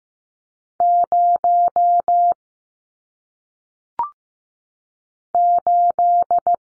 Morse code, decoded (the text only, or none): 0 8